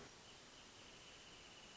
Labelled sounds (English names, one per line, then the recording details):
Wrentit
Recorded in Sonoma County, California